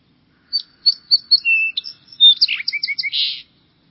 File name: Song Sparrow